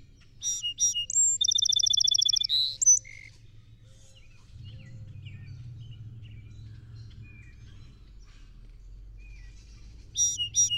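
Song sparrow gives one complete song of notes, a fast trill and high endings, then a low hum fills a long gap before another song starts.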